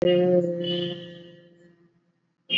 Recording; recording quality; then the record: sustained vowel as in made; moderate, slight background noise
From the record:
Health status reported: exposed to COVID-19, no respiratory illness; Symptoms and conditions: cough, cold, fever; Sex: male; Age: 44 years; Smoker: no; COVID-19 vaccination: both doses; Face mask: worn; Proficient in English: yes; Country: India